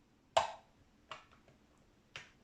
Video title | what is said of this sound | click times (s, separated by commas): 1977 Quasar VX videotape repair procedure | can kind of hear it snapping into place | 0.4 s